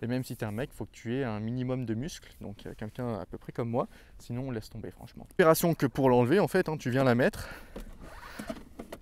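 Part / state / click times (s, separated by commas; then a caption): removable traction battery into electric scooter battery bay / seated / 8.8 s, 8.9 s. Someone talks while the heavy removable traction battery of a Super Soco TC Max electric scooter is lowered back into its battery bay and wiggled slightly. Two short clicks are heard at 8.8 s and 8.9 s as the battery clips into place, and it is seated.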